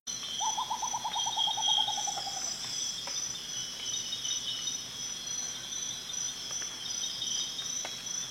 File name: Canto do urutau ferrugem